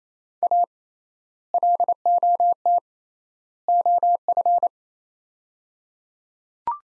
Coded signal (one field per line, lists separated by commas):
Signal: Morse code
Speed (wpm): 28 wpm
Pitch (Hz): 700 Hz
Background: none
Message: A LOT OF